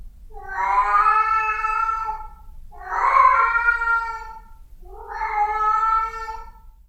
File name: cat